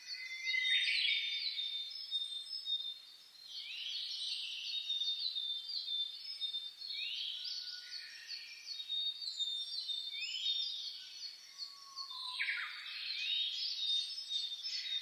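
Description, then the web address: Birds singing a lively dawn chorus, layered high chirps and repeated rising whistled phrases, continuous throughout. Dawn chorus recorded on 10 May 2010. "reimei -saezuri-20100510-0401"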